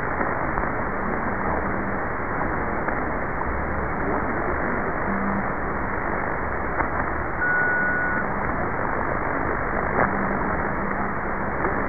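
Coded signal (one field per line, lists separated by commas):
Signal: radio time signal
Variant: WWV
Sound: hissy shortwave static with faint ticks, low pulsed hum, a short high tone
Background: radio static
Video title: WWV Time Signal (Fort Collins, Colorado, USA) - 25000 kHz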